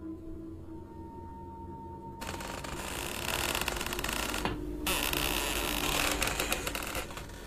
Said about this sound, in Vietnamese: Lão mới rón rén đến bên cửa sổ, đưa tay khẽ đẩy đẩy cái then cửa. Tiếng cánh cửa gỗ rít lên kèn kẹt giữa đêm làm cho lão rùng mình.